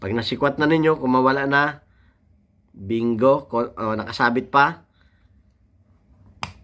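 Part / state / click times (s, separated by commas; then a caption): rebound slide spring coming out of a revolver frame / released / 6.4 s. During revolver disassembly, the rebound slide and its spring are levered upward out of the frame with a tool while being blocked so they cannot fly off, as someone talks. After a quiet pause, a single sharp metallic click sounds at 6.4 s as the spring kicks free and the rebound slide and spring are released from the frame.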